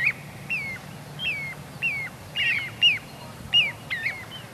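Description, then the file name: Little ringed plover calls: single high whistled notes, each dropping in pitch, spaced roughly every half second to second. "Corriere Piccolo"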